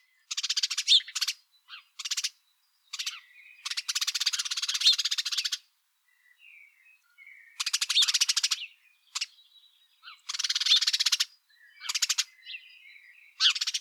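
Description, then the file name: House Sparrow chirps in dense bursts of rapid, harsh notes, broken by short pauses and a few softer scattered calls. "Passer domesticus"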